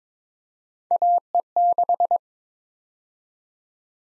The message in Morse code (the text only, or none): AE6